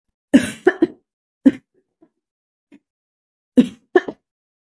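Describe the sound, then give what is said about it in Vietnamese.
A harsh coughing fit: a rapid burst of three loud coughs, a single cough, faint wheezy gasps in between, then another pair of forceful coughs. “Thẩm Thanh Huyền bắt đầu ho dữ dội như muốn văng cả tim gan ra ngoài”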